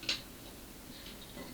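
A 4+4/8-pin CPU power cable connector is pushed into the motherboard header after it did not fit on the first end tried, so it was moved to the other end. A single sharp click is heard at 0.1 s as it seats, followed by quiet background.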